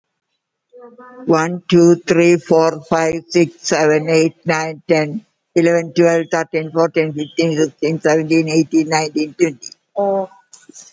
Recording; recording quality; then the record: counting at a fast pace; excellent, no background noise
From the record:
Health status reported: COVID-19 positive, mild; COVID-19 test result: positive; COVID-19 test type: RT-PCR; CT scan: not taken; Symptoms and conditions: cough, fatigue, hypertension, diabetes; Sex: female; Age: 78 years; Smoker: no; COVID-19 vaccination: one dose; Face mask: worn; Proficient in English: yes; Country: India